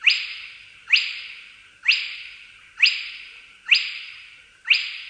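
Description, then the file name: Spotted crake calling: a sharp, whiplike 'hwitt' note repeated steadily about once a second, six times, with no other clear sounds. "kropiatka"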